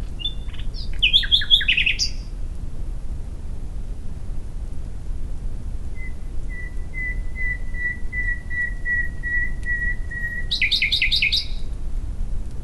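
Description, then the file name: Common nightingale song: a quick jumble of sharp high notes, then a long series of even whistled notes repeated on one pitch, ending in a dense burst of high notes; steady low background rumble. "Luscinia megarhynchos"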